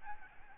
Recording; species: mosquito wingbeat signal from an infrared sensor; Aedes albopictus